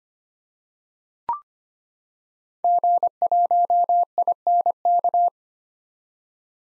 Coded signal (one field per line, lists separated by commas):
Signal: Morse code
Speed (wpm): 25 wpm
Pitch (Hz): 700 Hz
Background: none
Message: G1INK